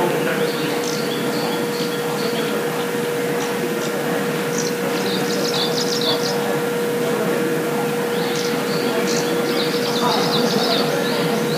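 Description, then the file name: Japanese leaf warbler song: a few high, chattering bursts of quick repeated buzzy notes, with a steady hum underneath. "komeboso"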